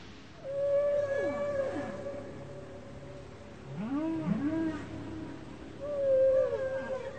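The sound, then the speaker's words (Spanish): Whale calls recorded underwater: long, wavering tonal moans and rising, swooping cries with harmonic overtones, repeating in several phrases over a steady low hiss of water noise. “El Parque Nacional Marino Ballena es zona de reproducción de ballenas que vienen del norte y del sur del continente a tener sus crías o a aparearse.”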